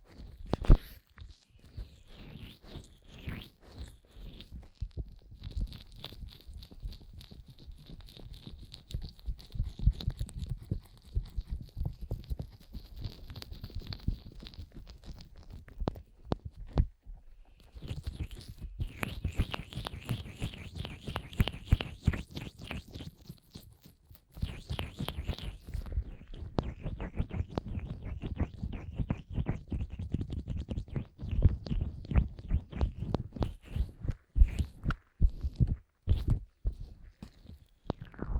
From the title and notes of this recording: ASMR Fast & Intense Ear Massage wCream (No Talking).